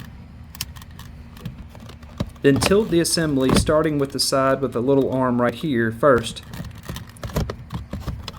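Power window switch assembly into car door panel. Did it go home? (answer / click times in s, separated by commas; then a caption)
yes / 8.3 s. On a 2009-2015 Honda Pilot, a power window door switch assembly is inserted into its opening in the plastic door panel, arm side first, then tilted downward. Someone talks while light taps and clicks of handling are heard. A sharp snap at 8.3 s marks the assembly popping into place, fully seated.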